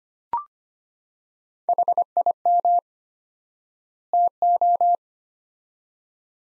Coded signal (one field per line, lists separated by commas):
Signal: Morse code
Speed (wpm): 25 wpm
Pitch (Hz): 700 Hz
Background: none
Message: HIM TO